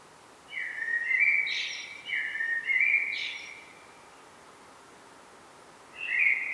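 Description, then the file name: Common blackbird singing short mellow whistled phrases, each closing with a thin high twitter. Two phrases come in quick succession, and a third begins after a pause of a few seconds. "Turdus merula"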